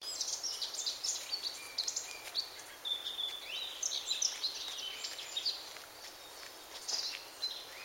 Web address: SETE data Sylvia atricapilla